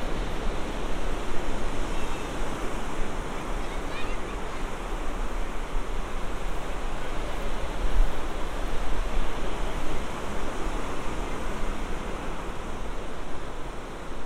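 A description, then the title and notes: Steady dense rushing of surf on the beach by Santa Monica Pier, with a deep low rumble, faint voices, and a slight swell near eight seconds. Santa Monica Pier. A binaural field recording. A walk on the beach; under the pier; a few hundred yards and back again; up to the pier.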